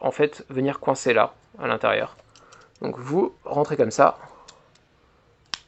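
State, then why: Seated. Someone talks while pushing the small plastic protrusions of one weapon piece into the hole of the matching piece on a transforming robot toy, joining the two parts of the robot's main weapon. A few faint ticks follow the speech, then a sharp, short click at 5.5 s as the plastic pieces seat together.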